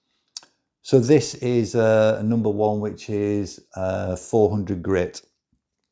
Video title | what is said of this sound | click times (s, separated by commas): The HORL 2 Pro Vs the HONE Rolling Knife Sharpener: Pro's & Con's | Vì vậy, bạn bật nó trở lại, bỏ đi và nó sẽ khớp vào vị trí. | 0.4 s